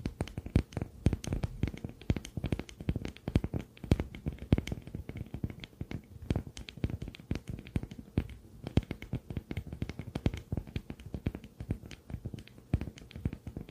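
Dense tapping and scratching on a screen, quick irregular clicks and soft brushy strokes running steadily throughout, with faint mouth sounds.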